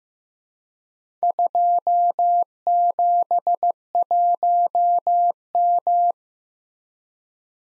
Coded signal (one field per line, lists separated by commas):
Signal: Morse code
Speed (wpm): 15 wpm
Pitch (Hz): 700 Hz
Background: none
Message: 271M